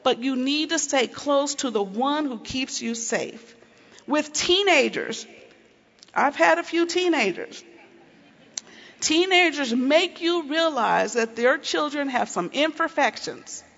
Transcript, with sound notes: But you need to stay close to the One who keeps you safe. With teenagers... I've had a few teenagers. (laughter) Teenagers make you realize that those children have some imperfections.